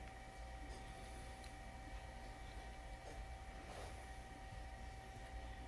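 A choke flap piece is being slid into the air inlet of the carburetor body of a small engine, a Craftsman 163cc power washer that won't start, during carburetor cleaning, and pushed toward its snap-in spot. Only a steady low hum and broadband background noise are heard, with faint steady tones and no distinct impacts. Nothing has seated or clicked yet.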